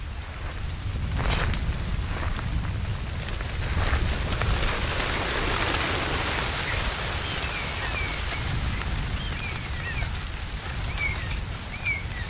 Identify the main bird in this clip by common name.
European Starling